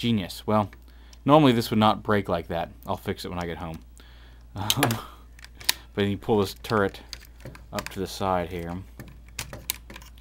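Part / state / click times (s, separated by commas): plastic figure piece into its slot beside the turret / seated / 9.7 s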